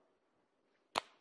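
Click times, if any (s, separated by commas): 1.0 s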